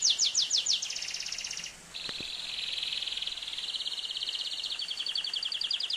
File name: canto do canario do reino